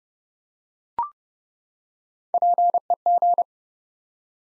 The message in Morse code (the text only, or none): PEG